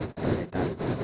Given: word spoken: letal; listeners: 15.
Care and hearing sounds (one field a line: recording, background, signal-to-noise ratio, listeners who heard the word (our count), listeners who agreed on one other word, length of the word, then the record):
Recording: one Spanish word in noise, from a listening test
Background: noise modulated by one talker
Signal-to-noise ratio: -7.5 dB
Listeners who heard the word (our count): 0 of 15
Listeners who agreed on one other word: 8 of 15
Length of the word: 0.64 s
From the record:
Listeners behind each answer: 8, 2, 2, 1, 1, 1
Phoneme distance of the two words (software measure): 10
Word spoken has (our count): 2 syllables, 5 phonemes, stress on syllable 2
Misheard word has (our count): 2 syllables, 5 phonemes, stress on syllable 2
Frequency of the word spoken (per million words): 3.46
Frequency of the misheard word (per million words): 20.23